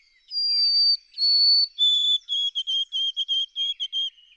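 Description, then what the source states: White-throated Sparrow song: two long pure whistles near steady pitch, then a run of short repeated whistled notes, slightly lower. Eastern 'Peabody triplet' song type, recorded in New England (Massachusetts, Vermont or Maine); eastern triplets contrast with western doublets.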